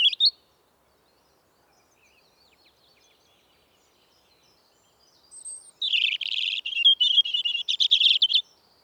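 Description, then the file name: European robin singing: a brief high note at the start, a long quiet pause, then a rapid, scratchy, tumbling phrase of high twitters and trills. "Erithacus rubecula"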